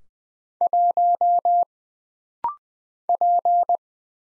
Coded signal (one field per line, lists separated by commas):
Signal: Morse code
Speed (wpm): 20 wpm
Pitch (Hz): 700 Hz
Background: none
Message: 1 P